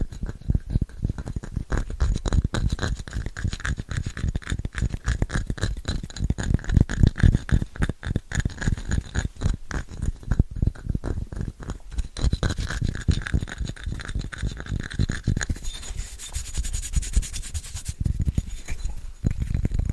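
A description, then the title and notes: Fast, scratchy tapping runs the whole twenty seconds, a dense stream of quick strokes with a brushing, toothbrush-like texture. The taps are heavy in the low end with crisp scratchy tops, and the scratching grows brighter and hissier around seconds 15 to 18. ASMR Fast & Scratchy Tapping (No Talking).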